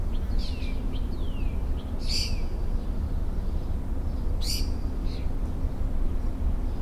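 Mockingbird song: swooping downslurred whistles, then two harsh, buzzy bursts about two seconds apart, over a steady low rumble.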